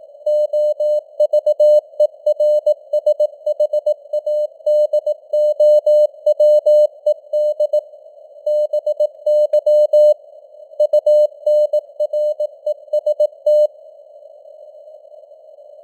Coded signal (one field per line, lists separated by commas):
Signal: Morse code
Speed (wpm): 18 wpm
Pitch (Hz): 600 Hz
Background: none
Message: OVERSHADOWED BY UNREST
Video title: Morse Code News | 2025-11-01 | 18wpm